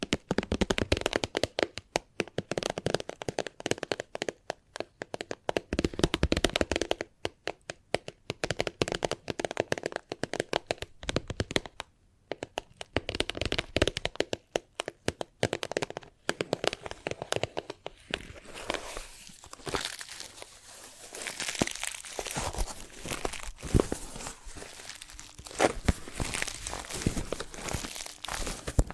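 Chalk taps and scratches in quick, irregular bursts with brief pauses, then a denser, steadier scraping and carving takes over for the last ten seconds.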